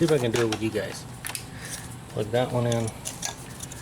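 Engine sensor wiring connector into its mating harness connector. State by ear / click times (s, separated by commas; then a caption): not seated / none. An engine sensor wiring connector, a plastic plug with a locking tab, is handled near its mating harness connector in the engine bay of a 2001–2005 Honda Civic during a top dead center (TDC) sensor replacement. Someone talks throughout, with a few brief, sharp handling sounds around 1.3 s and 3.3 s. Nothing has seated or clicked yet by the end of the clip.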